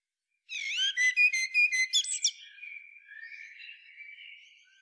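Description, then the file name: Eurasian blackbird song: a burst of rapid high twittering notes over about two seconds, then a quiet trailing warble fading out. "Turdus merula"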